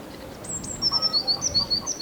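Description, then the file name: Eurasian blue tit call: two very high thin notes, then a quick run of clipped, slightly lower notes, over faint background hiss. "Cyanistes caeruleus"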